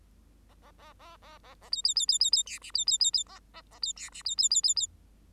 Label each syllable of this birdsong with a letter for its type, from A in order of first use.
A A A A A A A B B B B B B C D B B B B A A A B C D B B B B B